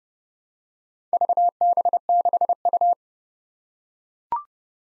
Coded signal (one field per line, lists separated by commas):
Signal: Morse code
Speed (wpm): 30 wpm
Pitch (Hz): 700 Hz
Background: none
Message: VB6U